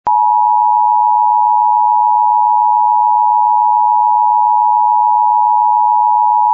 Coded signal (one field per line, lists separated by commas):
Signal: Emergency Alert System (SAME) tones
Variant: 853 and 960 Hz attention tone